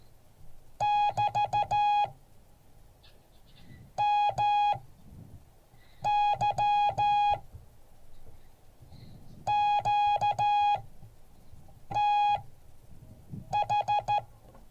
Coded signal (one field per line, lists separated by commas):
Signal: Morse code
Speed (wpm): 14 wpm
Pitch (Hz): 830 Hz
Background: none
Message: <BT> MY QTH